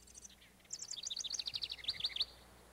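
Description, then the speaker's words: House Wren song: a brief high stuttering intro, then a rapid bubbling cascade of chattering notes that drops slightly in pitch, lasting about one and a half seconds. Sings in spring in the northern part of the state, sometimes before migrating north to its summer home. "spring, in the northern part of the state, the little house wren sometimes sings before leaving us to migrate north to its summer home."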